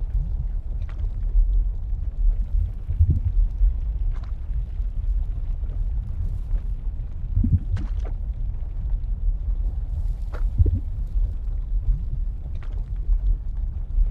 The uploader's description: Hot winds, molten lava, and the ground beneath them rumbling threateningly below.